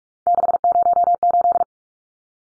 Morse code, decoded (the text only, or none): 608